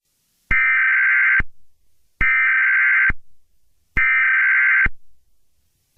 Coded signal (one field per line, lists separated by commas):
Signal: Emergency Alert System (SAME) tones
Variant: header bursts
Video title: Eas Scenario 005 - Los Angeles Shooting